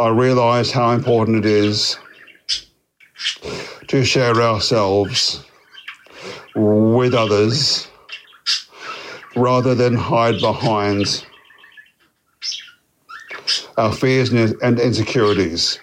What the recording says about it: As someone who stutters, I spent a lot of time navigating those challenges. I recently attended a Maguire course in Melbourne to work on my speech and take back control.